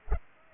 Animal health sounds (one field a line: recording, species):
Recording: mosquito wingbeat signal from an infrared sensor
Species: Culex pipiens